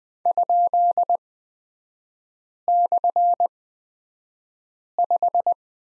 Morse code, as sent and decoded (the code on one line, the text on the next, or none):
..--.. -..-. .....
?/5